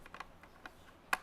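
The plastic catch on the dirty-water tank of a Vax portable carpet spot cleaner is flipped up so the tank can be popped open and emptied. A run of small, light ticks is followed by one sharp, loud click at 1.1 s as the catch releases.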